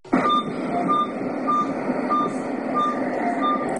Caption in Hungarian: Ez a lélegeztetőgép hangja az intenzív osztályon.